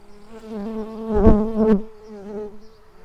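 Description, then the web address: Early bumblebee buzzing, a steady low hum with strong harmonics that swells louder twice in the middle, then settles back to a softer drone. Workers. "bumblebees Pratorum-workers"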